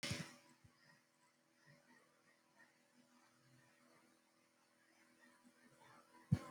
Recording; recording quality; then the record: shallow breathing; poor, much background noise or distortion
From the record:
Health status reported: healthy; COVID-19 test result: not tested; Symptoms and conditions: cold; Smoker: not ticked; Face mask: not worn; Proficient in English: yes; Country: India